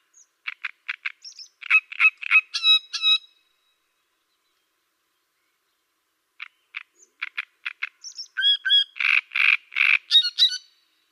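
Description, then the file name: Great reed warbler song: short harsh notes building into repeated croaking 'karra' syllables with squeaky whistles, a long silent gap, then another grating phrase. "Cannareccione"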